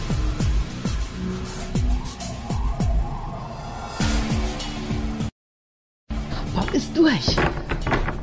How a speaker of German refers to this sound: die Eingangsluke von Masterplane schließt sich.